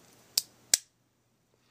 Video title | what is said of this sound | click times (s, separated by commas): Victorinox Spirit X Review | in order to unlock it you have these little sliders right here and you just pull down the slider and snap it back | 0.4 s, 0.7 s